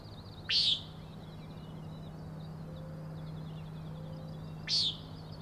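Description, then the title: Common nighthawk gives two loud buzzy peents about four seconds apart over a steady low hum. Three birds at 4 a.m. on 16 June 2017, Schoodic Head overlook, Acadia National Park, Winter Harbor, Maine; peenting, wing booms and rattles while flying closely in formation, passing near the recordist. "Common Nighthawks, Schoodic Head 061617 4am"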